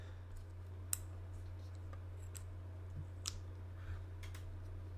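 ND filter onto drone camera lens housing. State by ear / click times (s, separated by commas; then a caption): seated / 0.9 s. A plastic-framed Freewell ND filter is pressed onto the round camera lens of an Autel Nano Plus drone on a second try, giving a sharp little snap at 0.9 s, followed by a few fainter clicks and handling taps over a steady low hum. The snap shows the filter is on the right way and seated, though it does not fully cover the lens.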